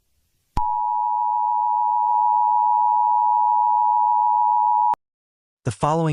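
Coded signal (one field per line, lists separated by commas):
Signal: Emergency Alert System (SAME) tones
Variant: 853 and 960 Hz attention tone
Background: speech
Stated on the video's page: Fictional EAS scenario.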